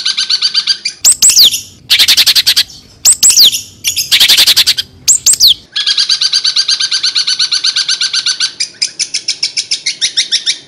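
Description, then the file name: Long-tailed shrike song: loud raspy bursts with sharp downward-slurred whistles, then a long, rapid, steady chatter of scratchy repeated notes. Long-tailed shrike singing in the "Kuntilanak" song style. "Suara Cendet Kuntilanak"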